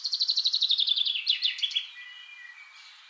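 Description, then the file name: Common Chaffinch song: a fast series of bright notes descending steadily in pitch, ending in a quick flourish, then faint drawn-out whistled notes. "Fringilla coelebs"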